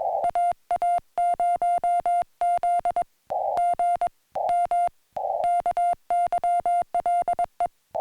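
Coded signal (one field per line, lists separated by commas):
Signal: Morse code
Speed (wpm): 21 wpm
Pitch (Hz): 2100 Hz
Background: music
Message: AA0Z GM KYLE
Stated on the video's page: Morse code contacts during a Summits on the Air activation, QRP portable station.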